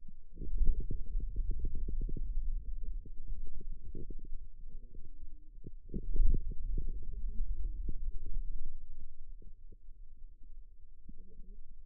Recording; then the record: forearm muscle sounds (acoustic myography)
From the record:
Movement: hand closing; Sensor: system 2, bracelet of six BSWA MPA416 microphones around the upper forearm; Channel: 2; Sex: male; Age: 22 years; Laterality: right